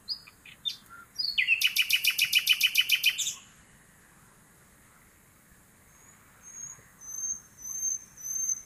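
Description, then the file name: Common nightingale song: a few high thin notes, then a loud rapid trill of about a dozen pulsed notes lasting two seconds, followed by silence and faint high whistles. "Luscinia megarhynchos"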